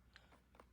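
The top cover of a wet/dry vacuum is pressed on while its two top pieces are squeezed. It gives two sharp plastic clicks at 0.2 s and 0.6 s as it snaps into place, seated.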